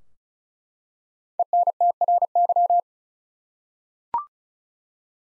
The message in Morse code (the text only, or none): ENTRY